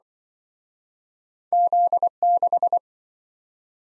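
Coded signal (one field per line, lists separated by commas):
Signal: Morse code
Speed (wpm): 26 wpm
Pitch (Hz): 700 Hz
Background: none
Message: Z6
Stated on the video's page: Morse practice drill of two letter-number combinations, starting fast and slowing to a 20 wpm base, with a final repeat at maximum speed.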